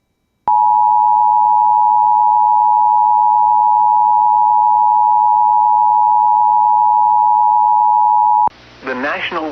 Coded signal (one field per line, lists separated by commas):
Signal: Emergency Alert System (SAME) tones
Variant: 853 and 960 Hz attention tone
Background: speech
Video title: Tornado Watch #49 EAS#155